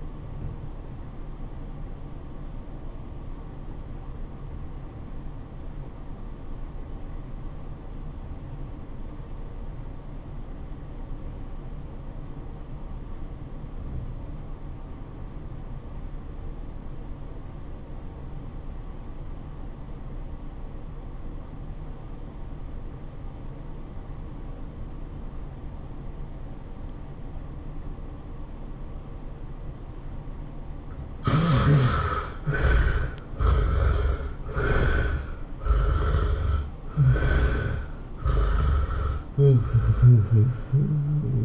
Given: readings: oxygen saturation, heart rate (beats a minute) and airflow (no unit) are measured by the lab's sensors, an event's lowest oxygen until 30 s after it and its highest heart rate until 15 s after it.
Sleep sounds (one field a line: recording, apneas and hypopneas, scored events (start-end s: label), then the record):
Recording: breathing in sleep by a smartphone at the bedside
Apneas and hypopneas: 1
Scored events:
5.00-33.10 s: obstructive apnea (REM, oxygen 93% highest, then 68% lowest, heart rate 101 at the start, 110 highest)
From the record:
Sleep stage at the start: REM sleep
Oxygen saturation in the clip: 67 to 93%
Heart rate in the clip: 66 to 110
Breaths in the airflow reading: 4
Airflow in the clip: -15.3 to 9.5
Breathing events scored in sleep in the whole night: 403 in 5.5 hours asleep